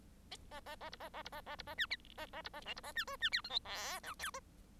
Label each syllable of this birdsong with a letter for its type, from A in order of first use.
A A A B A A B A A B A C A A B A D B A C E C F G H I J K